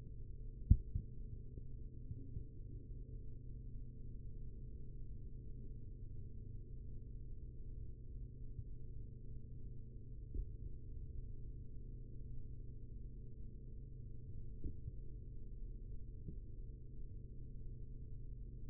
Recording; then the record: forearm muscle sounds (acoustic myography)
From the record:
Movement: rest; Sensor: system 3, bracelet of six PUI Audio POM-2738L microphones around the upper forearm, with dedicated amplification and filtering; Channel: 4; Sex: male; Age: 43 years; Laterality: right